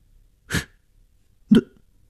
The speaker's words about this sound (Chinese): 在上阁楼的楼梯口，我听见上面传来一个女人的咳嗽声。